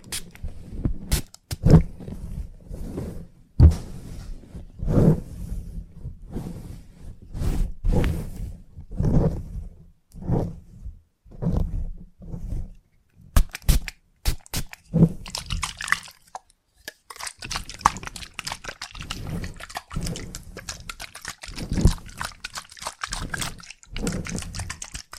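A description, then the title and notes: Salon haircut sounds: rhythmic scissor snips and soft brushing bursts, then from about fifteen seconds a denser, crisper stretch of rapid snipping. Salon Haircut Head Massage, Scissors and Clipper.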